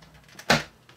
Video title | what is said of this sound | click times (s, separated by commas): Creepy Crawler Bug Zapper Electronic Family Game - Electrifying! | nice i heard the click clicking action | 0.5 s